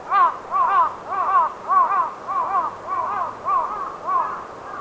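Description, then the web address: Crow calling: a steady series of harsh nasal caws, about two per second, with a faint low hum underneath. Crow calls while moving. "Sound Effects-Foundation 1 BIRD CROWS 2 CALL MOVING"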